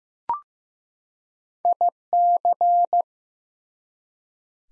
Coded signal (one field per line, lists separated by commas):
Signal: Morse code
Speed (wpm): 15 wpm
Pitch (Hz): 700 Hz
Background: none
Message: IC